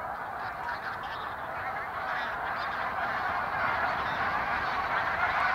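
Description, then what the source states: Bean Goose flock calling, a dense, continuous babble of overlapping honks and cackles with no pauses, steadily loud throughout. Flocks in flight give an indistinct cackling or babbling, to untrained ears like other goose flocks; a single bird's flight call is a two- or three-syllable cackle.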